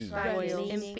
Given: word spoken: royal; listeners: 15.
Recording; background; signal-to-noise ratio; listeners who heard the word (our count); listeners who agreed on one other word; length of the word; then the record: one English word in noise, from a listening test; four-talker babble; -2.6 dB; 0 of 15; 6 of 15; 0.59 s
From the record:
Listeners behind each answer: 6, 2, 2, 1, 1, 1, 1, 1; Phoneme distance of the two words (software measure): 17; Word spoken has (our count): 2 syllables, 4 phonemes, stress on syllable 1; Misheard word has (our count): 1 syllable, 3 phonemes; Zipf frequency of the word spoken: 5.09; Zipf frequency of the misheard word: 4.08